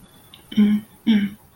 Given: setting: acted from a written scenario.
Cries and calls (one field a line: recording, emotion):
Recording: vocal sound without words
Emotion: guilt